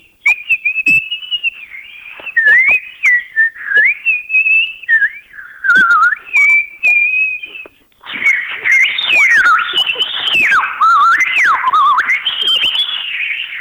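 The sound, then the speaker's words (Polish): A person whistles a long, warbling imitation of a skylark's song: high, rapid trills and slides, first a steadier line, then a denser, louder burst of fluttering notes after a brief pause. “No dobrze, to jak brzmi ten skowronek?”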